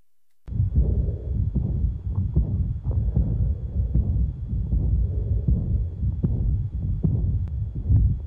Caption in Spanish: Ruido en la fase media de diástole en el ápice, en presencia de insuficiencia aórtica, esto indica que estaremos en presencia del ruido de Austin Flint y indica que la insuficiencia valvular es muy probablemente severa. El soplo de la insuficiencia valvular aórtica se escucha mejor en el borde inferior izquierdo, a diferencia de en el ápice.